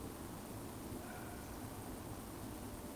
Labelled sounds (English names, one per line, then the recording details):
Eurasian Woodcock whistle
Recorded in Baden-Württemberg, Germany, on 23 June 2020 at 20:35 UTC
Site 14569, 102 m above sea level